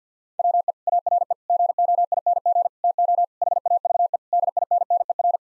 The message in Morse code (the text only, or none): WE ARE GOING TO HAVE DINNER